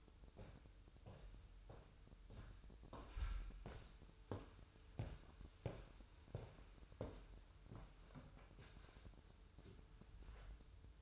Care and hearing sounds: daily activity, microphone in the room; walk to room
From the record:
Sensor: 2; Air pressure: 988.1 hPa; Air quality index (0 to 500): 186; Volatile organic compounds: 159 ppm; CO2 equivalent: 4063 ppm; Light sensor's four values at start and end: 21/70/27/26 and 21/70/27/26

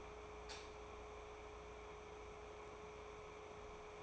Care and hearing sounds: daily activity, microphone in the room; light on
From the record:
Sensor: 1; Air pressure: 1010.3 hPa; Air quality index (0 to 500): 172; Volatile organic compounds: 12 ppm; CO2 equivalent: 2372 ppm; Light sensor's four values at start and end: 50/131/54/68 and 54/144/59/73

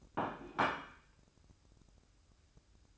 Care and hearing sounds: daily activity, microphone in the room; place plate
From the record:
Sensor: 2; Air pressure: 1007.4 hPa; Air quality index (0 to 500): 44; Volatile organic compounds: 1 ppm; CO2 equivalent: 553 ppm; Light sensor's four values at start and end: 7/18/7/8 and 7/18/7/8

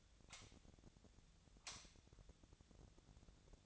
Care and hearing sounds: daily activity, microphone in the room; light on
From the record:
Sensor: 3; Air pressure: 1009.8 hPa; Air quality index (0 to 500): 190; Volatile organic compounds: 14 ppm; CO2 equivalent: 2470 ppm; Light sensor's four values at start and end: 39/97/42/45 and 46/119/50/52

